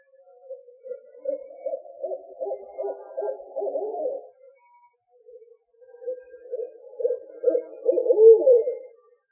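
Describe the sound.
Owl calling in two bursts of rapid low pulsed hoots separated by a short pause, the second burst growing louder toward its end.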